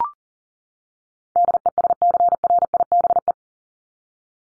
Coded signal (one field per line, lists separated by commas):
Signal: Morse code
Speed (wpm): 40 wpm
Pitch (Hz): 700 Hz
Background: none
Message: DESCRIBE